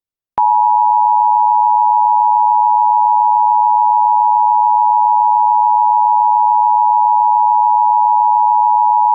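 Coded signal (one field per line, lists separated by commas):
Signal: Emergency Alert System (SAME) tones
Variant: 853 and 960 Hz attention tone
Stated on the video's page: Fictional EAS scenario.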